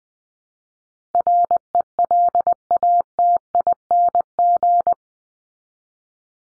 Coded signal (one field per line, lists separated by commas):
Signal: Morse code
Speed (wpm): 20 wpm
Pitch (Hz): 700 Hz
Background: none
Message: RELATING